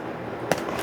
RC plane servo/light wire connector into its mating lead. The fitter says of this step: And the middle is is the is the uh positive pops into place.